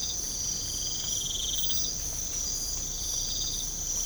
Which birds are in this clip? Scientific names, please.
none